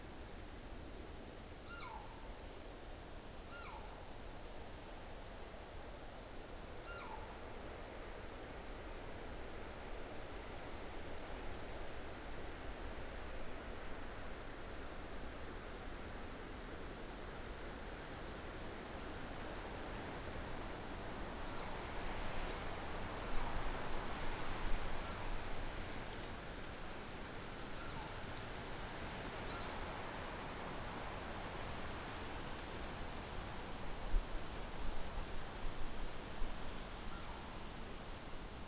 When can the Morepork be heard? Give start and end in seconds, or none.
1.60-2.07, 3.42-3.92, 6.79-7.25, 21.45-21.71, 23.13-23.45, 24.96-25.29, 27.73-27.95, 29.42-29.70, 36.98-37.57